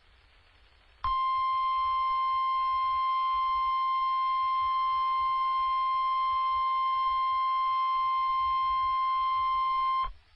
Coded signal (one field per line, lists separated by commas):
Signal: Emergency Alert System (SAME) tones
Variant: 1050 Hz attention tone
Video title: Severe Thunderstorm Warning - 08/03/23 (EAS #2,828)